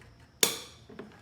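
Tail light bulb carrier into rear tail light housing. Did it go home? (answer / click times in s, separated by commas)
yes / 0.4 s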